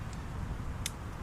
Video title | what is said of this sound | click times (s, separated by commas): What Gear do I need? Rods, Reels, Tools | it'll click into place, and then | 0.9 s